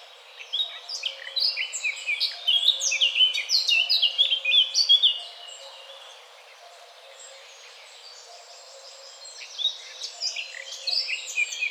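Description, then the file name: Eurasian blackcap with a dense, chattering warble for about five seconds, then a lull, and the song resumes more softly near the end. "Sylvia atricapilla"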